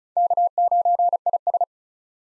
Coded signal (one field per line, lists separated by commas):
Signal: Morse code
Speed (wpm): 36 wpm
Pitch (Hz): 700 Hz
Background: none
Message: K9IS